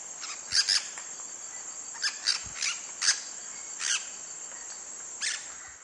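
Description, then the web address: Olive-throated parakeet calls: short harsh screechy bursts, a few in quick pairs, scattered throughout over a steady high insect whine. Belize. "belize birds birdsongs olive-throated-parakeet"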